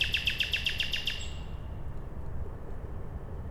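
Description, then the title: Common nightingale giving a rapid, rattling trill of evenly repeated notes for about a second, then only steady low noise. At night beside a road in Siemianowice Śląskie, Poland, on Monday 20 May 2019, using a Zoom H5 recorder and Audio-Technica BP4025 microphone. "Bohaterów Westerplatte, 41-106 Siemianowice Śląskie, Polska - Nightingale"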